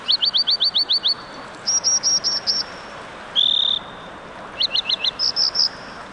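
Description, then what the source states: American dipper calling: a rapid run of high, sharp chirps, then a slower series, a longer drawn note, then short quick groups, over a constant rushing background. Calling by a rushing mountain stream; bird bobs up and down, standing on rocks just beneath the rolling water.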